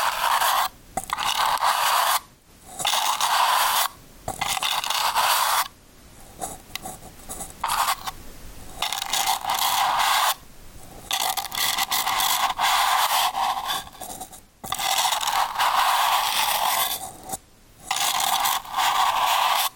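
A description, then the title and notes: Ear cleaning with a brush: bursts of scratchy, bristly rubbing fill most of the time, bright and hissy with a stronger midrange core. Strokes run in long stretches broken by short silent gaps roughly every two to three seconds. ブラシASMR ぞわぞわする耳かき. Ear Cleaning/BRUSHING.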